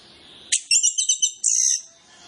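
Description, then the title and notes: Orange-headed Thrush song: a sharp high note, then a quick run of five bright chirps, then a sustained high whistled note, over faint steady background hiss. Masteran lure recording with full isian (fill-in phrases), used to prompt Anis Kembang to start singing openly and loudly (ngeplong) quickly. "Masteran Anis Kembang Full Isian Untuk Suara Pancingan Anis Kembang Agar Cepat Ngeplong. Suara Burung Anis Kembang"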